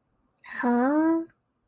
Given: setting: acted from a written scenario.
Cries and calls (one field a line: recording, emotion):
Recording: vocal sound without words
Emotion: confusion